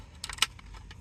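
A 12V two-port power outlet piece is pressed into its console opening before the insert goes in, as these are meant to snap in place without the insert. A few light plastic ticks lead into a sharp snap at 0.4 s as the part seats, followed by faint handling ticks.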